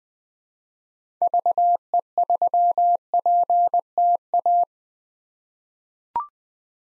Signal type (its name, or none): Morse code